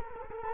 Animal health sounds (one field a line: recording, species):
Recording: mosquito wingbeat signal from an infrared sensor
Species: Culex quinquefasciatus